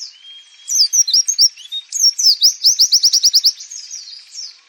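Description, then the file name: White-eye singing a high, hurried string of bright chirps that speeds into an even, rapid trill before fading out. Nembak, a rapid song style used for training birds. "suara pleci nembak"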